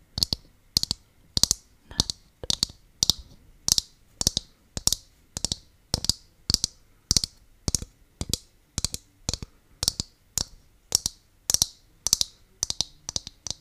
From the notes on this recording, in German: Tapping auf einer Kokosnuss